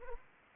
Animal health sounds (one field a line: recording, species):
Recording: mosquito wingbeat signal from an infrared sensor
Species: Anopheles arabiensis